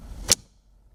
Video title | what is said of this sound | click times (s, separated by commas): How to replace cabin filter on Honda Civic | it in and you just push it all the way in it will click you hear that and it's a cure | 0.3 s